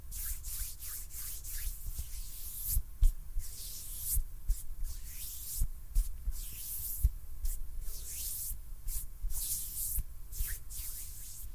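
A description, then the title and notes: Hands rub and brush together in a run of quick, hissy strokes, some short and some drawn out, coming every half second or so with brief gaps between. A few soft low thumps land among them, and a faint low hum sits underneath throughout. ASMR HAND SOUNDS NO TALKING.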